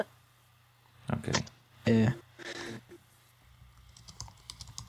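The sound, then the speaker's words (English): Computer keyboard typing in a few quick, clattering bursts, with a brief voiced sound among them, then lighter scattered key taps trailing off toward the end. “Right, I'm typing.”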